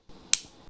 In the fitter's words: But again, friction fit gives you a nice click and a nice seal.